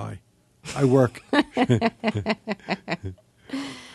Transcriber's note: soundbite of laughter